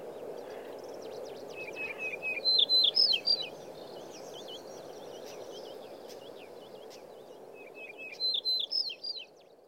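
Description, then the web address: Yellow-breasted bunting delivering a short jingling phrase of high slurred notes, then another about six seconds on, with faint chips and steady low rushing noise behind. Monbetsu, 26 June 2010. "koe shimaaoji 100626 monbetsu hanada"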